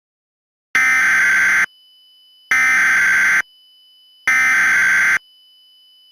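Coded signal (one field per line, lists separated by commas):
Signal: Emergency Alert System (SAME) tones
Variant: header bursts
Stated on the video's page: Fictional EAS scenario alert from the final installment of a Minecraft Attack series.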